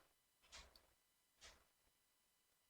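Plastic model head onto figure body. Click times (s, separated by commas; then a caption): 0.8 s. The plastic head of an X-Plus Bela Lugosi Dracula 1/8 scale figure model kit, which is not a snap-type kit, is pressed onto the back piece of the body. A brief scraping rustle comes first, then a sharp click at 0.8 s as the head snaps into place, and another short scraping handling sound follows around 1.5 s. The head is seated.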